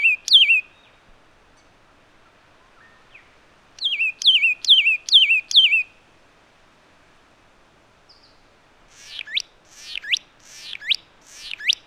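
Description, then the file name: Satin flycatcher making sharp falling whistles, then a rapid run of five, and later a set of rough upswept buzzy notes. "Myiagra Cyanoleuca"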